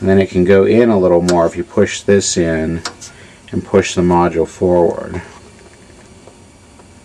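A slide-in module in a 1968 Seeburg LS-2 jukebox is handled on its tracks with its locking device while someone talks, with faint handling noise fading out toward the end. Nothing has seated or clicked yet.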